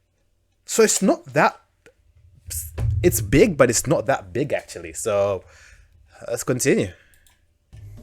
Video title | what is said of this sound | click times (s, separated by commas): AYANEO Slide Review | the screen slides up to reveal the keyboard it's a nice funtion that snaps into place | 7.3 s